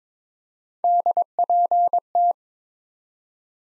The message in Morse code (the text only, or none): DPT